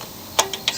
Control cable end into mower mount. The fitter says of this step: that end snaps right in